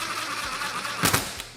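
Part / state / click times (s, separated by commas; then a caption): bracket screw driven into windshield mounting bracket on UTV cage / torque reached / 1.1 s, 1.4 s. A driver with an Allen bit runs a bracket screw into the windshield mounting bracket on the cage of a Yamaha Wolverine RMAX 1000 UTV for a SuperATV rear windshield, with a steady whirring motor hum. The driver's clutch clicks at its setting twice around 1.1 s and again at 1.4 s, leaving the screw snug rather than super tight, with no need to hammer it down.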